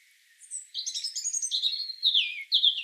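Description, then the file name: European robin delivering a quick run of repeated high notes, then two descending sweeping whistles. "Erithacus rubecula"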